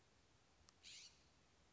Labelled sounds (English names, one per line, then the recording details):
California Scrub-Jay
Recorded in Sonoma County, California